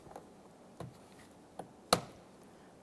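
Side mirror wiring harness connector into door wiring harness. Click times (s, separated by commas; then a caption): 1.9 s. The plastic wiring harness connector of a side mirror on a 2010-2013 Kia Forte Koup is lined up with its locking tab facing up and pressed into the door wiring harness. A few faint ticks at about 0.2, 0.8 and 1.6 s lead up to a sharp, loud click at 1.9 s. The connector is seated and is then given a light tug to check it is secured.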